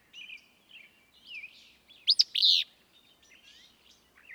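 Willow flycatcher sings one explosive, hoarse two-part phrase in the middle, surrounded by faint whistles and twitters.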